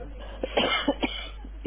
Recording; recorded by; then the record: voluntary cough; telephone call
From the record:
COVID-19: positive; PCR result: checked with the laboratory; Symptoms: yes